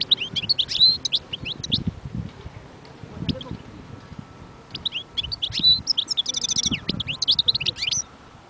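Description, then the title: European goldfinch song in two bursts of rapid tinkling twitters and buzzy trills, separated by a quieter stretch with low background rumble. Wild bird. "اجمل غناءالحسون الخلويchant chardonneret sauvage collection"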